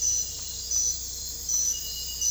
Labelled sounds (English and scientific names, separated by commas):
none